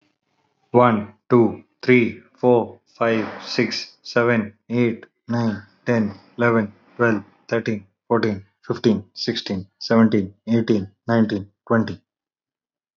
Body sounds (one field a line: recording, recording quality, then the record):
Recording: counting at a normal pace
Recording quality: excellent, no background noise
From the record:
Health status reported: respiratory illness, not identified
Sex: male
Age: 30 years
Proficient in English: yes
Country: India